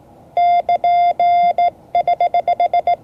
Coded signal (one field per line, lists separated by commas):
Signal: Morse code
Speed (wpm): 16 wpm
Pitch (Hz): 700 Hz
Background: none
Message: <KN><HH>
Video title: Morse code class 2024-07-30 (5 of 12)